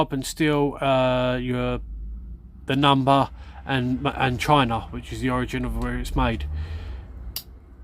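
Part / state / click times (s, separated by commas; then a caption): knife blade into slip-joint handle (closed position) / seated / 7.4 s. A man talks while the carbon steel blade of a Rough Ryder cinnamon stag bone cotton sampler slip-joint pocket knife is closed into its handle. The blade snaps shut against the backspring with a sharp click at 7.4 s, a good snap on the shut.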